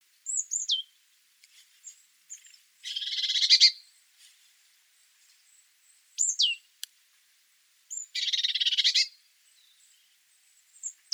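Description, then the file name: Great tit giving sharp falling notes and two long scolding churr rattles, with brief soft ticks in the pauses. "Parus major"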